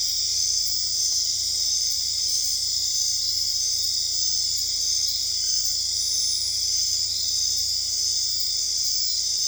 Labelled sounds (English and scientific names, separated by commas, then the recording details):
none
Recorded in dense forest near Puerto Asís, Putumayo, Colombia, on 21 December 2024 at 21:00
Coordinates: 0.485, -76.318
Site GP03